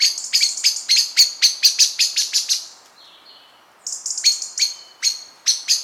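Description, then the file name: Common blackbird uttering rapid hard chink notes, then pausing about a second with a faint thin tone before the clicking chinks resume in an irregular series. "Turdus merula"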